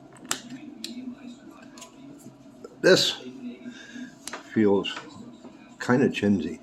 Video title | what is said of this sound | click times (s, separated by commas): P02 Face tracking camera for more cinematic video review. | It just clicks into place supposedly right there. | 0.3 s